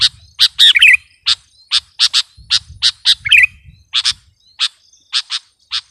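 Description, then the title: Sooty-headed bulbul giving a dense run of sharp chips with two short warbled phrases, over a soft low rumble. "kutilang"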